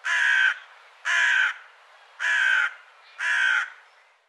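Bird producing four loud, rasping caws, roughly a second apart, each harsh and buzzy in tone.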